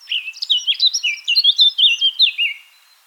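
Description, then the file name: Eurasian blackcap giving a short, lively warble of fluty whistled notes in quick succession, fading out at the end. "Sylvia atricapilla"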